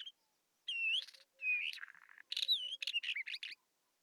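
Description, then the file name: Isabelline Wheatear song of rapid phrases: looping whistled notes, grating buzzy passages and quick chattering bursts, tumbling one after another, with faint low pulsed notes underneath. Recorded at Telmen Nuur, Mongolia. "isawheat mng telmen-nuur"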